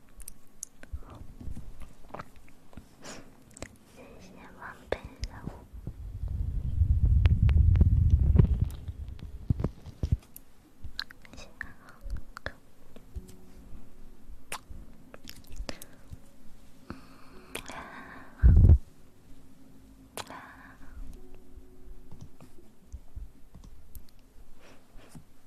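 Mouth sounds: scattered wet clicks and smacks throughout, a low rumbling swell around seven to nine seconds, and a sharp thump near eighteen.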